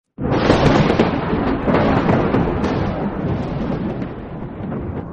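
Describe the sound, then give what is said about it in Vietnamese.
A sudden, sharp thunderclap from a giant lightning strike over the peak of Thái Lăng Cát, hitting Lạc Tinh lake, bursts in at full loudness, then rolls on as a dense, crackling rumble that fades only slightly over several seconds. “Ngay lúc đó, một tia sét khổng lồ lóe sáng trên đỉnh Thái Lăng Cát.”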